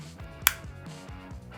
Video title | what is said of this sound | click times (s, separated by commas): The ULTIMATE Paintball Sniper Scope Cam! - RunCam 4K Review | When it slides in, it gives you that nice click to let you know that it's in. | 0.5 s